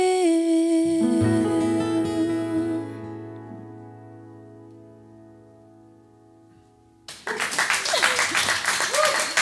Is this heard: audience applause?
yes